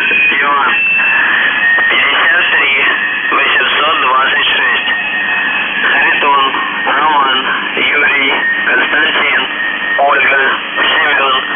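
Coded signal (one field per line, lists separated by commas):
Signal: numbers station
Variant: UVB-76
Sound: distorted spoken voice over shortwave radio, with a brief steady tone, no buzzer heard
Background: radio static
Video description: The Buzzer/UVB-76(4625Khz) November 1, 2021 Voice messages; 00:00 0758z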